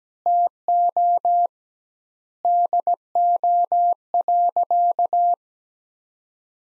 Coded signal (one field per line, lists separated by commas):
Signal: Morse code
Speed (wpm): 17 wpm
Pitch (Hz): 700 Hz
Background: none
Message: TO DO.